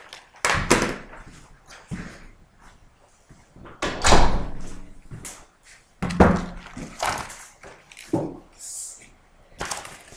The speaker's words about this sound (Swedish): Ett ögonblick, jag ska bara stänga dörren.